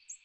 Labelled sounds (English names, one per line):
American Redstart flight call